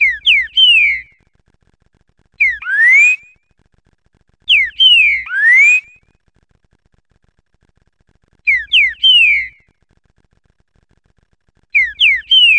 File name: suara trincaferro omkicau